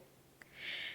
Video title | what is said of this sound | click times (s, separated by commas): Glamorous Arm Party: Featuring My Roberto Coin Bracelet Stack! | two clicks one two | 0.4 s